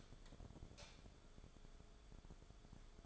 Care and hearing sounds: daily activity, microphone in the room; light on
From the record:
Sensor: 5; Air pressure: 1010.4 hPa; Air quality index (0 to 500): 118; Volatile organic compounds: 2 ppm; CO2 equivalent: 1155 ppm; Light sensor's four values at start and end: 519/1327/549/618 and 520/1331/551/619

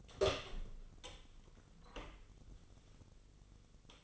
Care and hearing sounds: daily activity, microphone in the room; open door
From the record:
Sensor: 4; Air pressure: 1009.9 hPa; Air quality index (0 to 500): 195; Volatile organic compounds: 3 ppm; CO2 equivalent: 1401 ppm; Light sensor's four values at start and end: 37/91/37/40 and 35/86/36/38

